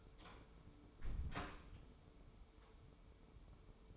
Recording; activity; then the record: daily activity, microphone in the room; close door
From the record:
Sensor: 1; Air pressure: 1015.2 hPa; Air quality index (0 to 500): 120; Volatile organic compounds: 4 ppm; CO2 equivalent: 1646 ppm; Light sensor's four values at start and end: 14/33/14/15 and 14/33/14/15